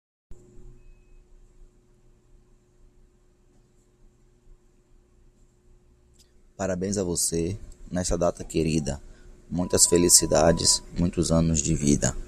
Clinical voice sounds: short text; Brazilian Portuguese; male; 30 to 39 years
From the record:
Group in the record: control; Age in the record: 39 years

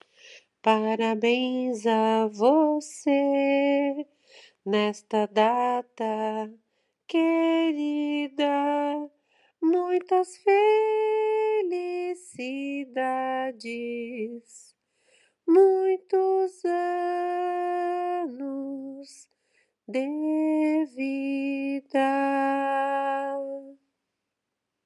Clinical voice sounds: short text; Brazilian Portuguese; female; 50 to 59 years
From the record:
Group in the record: control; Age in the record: 54 years

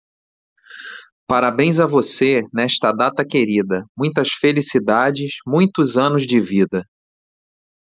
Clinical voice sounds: short text; Brazilian Portuguese; male; 40 to 49 years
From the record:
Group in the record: control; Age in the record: 40 years

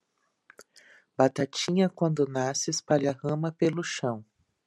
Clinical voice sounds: short text; Brazilian Portuguese; female; 40 to 49 years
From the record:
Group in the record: control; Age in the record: 40 years

